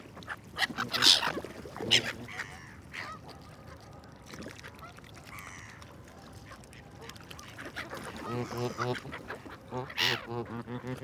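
Geese and gulls call together on a lake in a loose, overlapping chorus. Sharp bright cries break out near the start, around two seconds and again near ten, while a run of nasal, quickly repeated honks fills the last few seconds over a quiet background.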